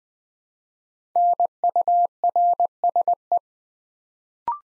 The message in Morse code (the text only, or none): NURSE